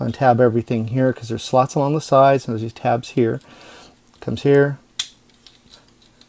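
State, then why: Seated. Someone talks while pushing plastic tabs on a Transformers Titans Return Deluxe Class Flintlock and Sergeant Kup transforming action figure into slots along its sides. A loud, sharp snap at 5.0 s marks a tab seating into a side slot, followed by a few faint, quiet clicks.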